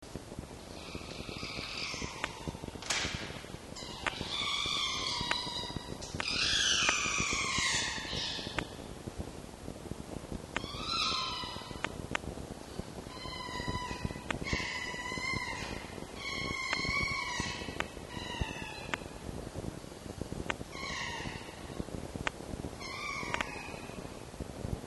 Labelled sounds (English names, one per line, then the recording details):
Red Fox
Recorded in captivity
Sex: female
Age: adult
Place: Zoologisches Institut der HUB, Berlin, DE
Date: 1954-06-05
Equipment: Elmetra
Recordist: Tembrock, Günter